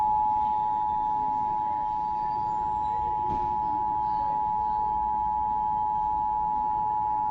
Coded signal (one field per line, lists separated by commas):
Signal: Emergency Alert System (SAME) tones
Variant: 853 and 960 Hz attention tone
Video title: EAS #477: Required Monthly Test - Indiana (1/15/2026) (WTTV)